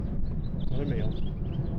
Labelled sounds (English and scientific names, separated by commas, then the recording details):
House Finch (Haemorhous mexicanus) song
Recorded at Lynbrook on Long Island, New York, on 17 June 1975
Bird D